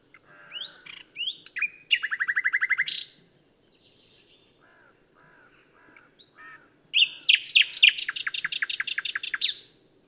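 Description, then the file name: Common nightingale song, varied phrases of rich rattling trills and soft fluting notes separated by pauses, ending in a loud fast rhythmic series; steady low hum underneath. "Luscinia megarhynchos"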